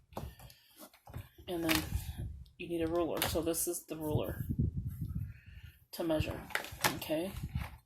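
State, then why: Not seated. A measuring ruler is handled and set onto a plastic-cutting setup, heading for its cutting guide or holder, with a few light taps and knocks early in the clip while someone talks. Nothing has locked into place yet by the end.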